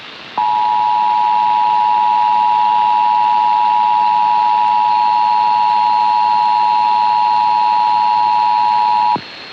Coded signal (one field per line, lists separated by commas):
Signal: Emergency Alert System (SAME) tones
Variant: 853 and 960 Hz attention tone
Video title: 2019 National Periodic EAS Test - WLW/WHAS/WVLK/WFRT-FM EAS Activation - 8/7/2019 2:20pm